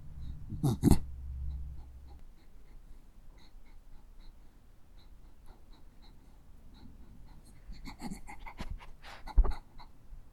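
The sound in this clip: Dog sniffing: short bursts of quick nasal sniffs near the start and again toward the end, with quieter soft breathing between.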